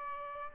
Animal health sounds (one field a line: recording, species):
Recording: mosquito wingbeat signal from an infrared sensor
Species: Aedes albopictus